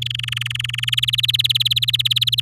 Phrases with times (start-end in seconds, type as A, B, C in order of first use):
0.02-0.90 A, 0.92-2.40 B